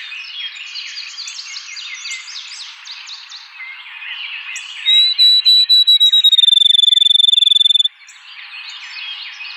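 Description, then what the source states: Field Sparrow: many birds chirping and twittering, then a field sparrow sings loud whistled notes that accelerate into a rapid trill before the chorus returns. 2007-01-04.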